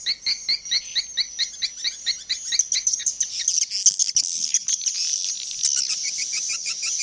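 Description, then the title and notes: Swiftlet sounds: a quick run of short, evenly spaced chirps, giving way to thick high twittering and clicking. Swiftlet sounds used in swiftlet bird farming in Asia. "Swiflet Bird Sound. Farming Swiflet Bird asia sound"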